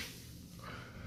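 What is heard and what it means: The small locking piece on the electromagnetic clutch magnet of a Mercedes E55 W211 M113k supercharger is handled and lined up during reassembly of the supercharger clutch. Only soft, breathy handling noise and low background rumble are heard, with no distinct click, and nothing has locked into place yet.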